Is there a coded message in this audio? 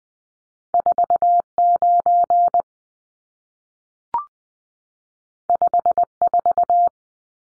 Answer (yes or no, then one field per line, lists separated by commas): yes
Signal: Morse code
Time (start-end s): 0.7-6.9 s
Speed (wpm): 20 wpm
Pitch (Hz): 700 Hz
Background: none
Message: 49 54